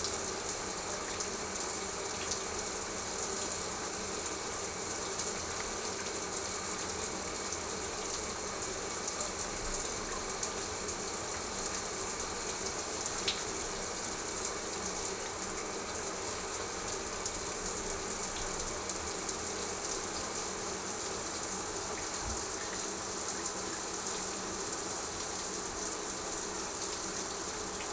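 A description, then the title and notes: A morning shower runs steadily, a dense, even hiss of falling water with a faint brief tick around thirteen seconds. Comforting Morning Shower.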